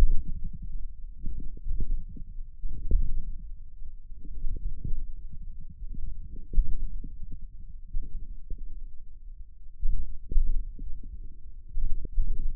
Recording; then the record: forearm muscle sounds (acoustic myography)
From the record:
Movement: radial deviation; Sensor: system 1, eight BSWA MPA416 microphones around the upper forearm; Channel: 8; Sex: male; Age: 28 years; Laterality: right